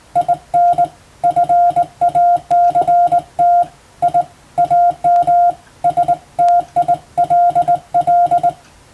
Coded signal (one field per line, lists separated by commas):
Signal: Morse code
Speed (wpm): 20 wpm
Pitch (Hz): 700 Hz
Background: none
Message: IN FACT I AM STILL